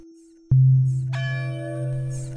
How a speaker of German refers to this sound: Im Dorf schlägt es 23:30.